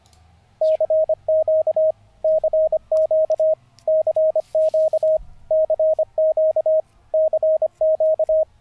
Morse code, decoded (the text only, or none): CQ CQ CQ CQ CQ